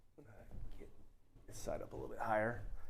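Someone talks while raising an overhead kayak storage hoist, a ceiling pulley system rated for 125 lb, by pulling its ropes to lift one side a little higher. The rope lock on the pulley has not clicked or caught yet, so the hoist is not locked in place.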